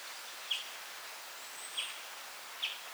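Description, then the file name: European greenfinch giving three short, high chirped call notes spread across a few seconds, over a steady soft hiss. "Chloris chloris 190325"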